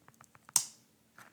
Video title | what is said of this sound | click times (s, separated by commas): ALL Knives Special - Sharpening, Cleaning, Showing -- [Furry ASMR] | it snaps into place. | 0.6 s